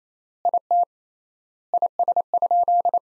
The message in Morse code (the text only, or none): IT IS?